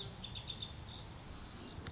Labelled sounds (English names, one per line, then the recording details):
Lazuli Bunting
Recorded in Sonoma County, California